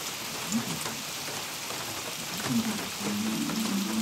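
A heavy downpour roars as a steady, dense hiss of rain throughout, with a faint low tonal voice-like hum rising under the rain in the second half.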